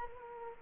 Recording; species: mosquito wingbeat signal from an infrared sensor; Culex quinquefasciatus